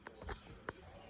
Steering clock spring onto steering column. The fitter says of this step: pushes on and snaps into place